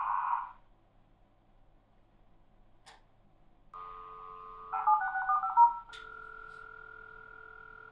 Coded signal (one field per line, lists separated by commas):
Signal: dial-up modem handshake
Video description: The sound of dial-up at some of the most common speeds, including 300, 1200, 2400, 9600, 14,400, 33,600, and 56K.